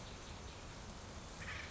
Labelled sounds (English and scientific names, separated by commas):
Acorn Woodpecker (Melanerpes formicivorus)